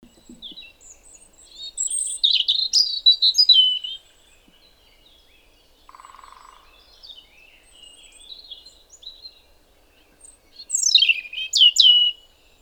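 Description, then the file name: European robin song in separate bursts of high sweet warbles, thin glides and trills, with pauses between phrases and a short low buzzy sound midway. "Erithacus rubecula"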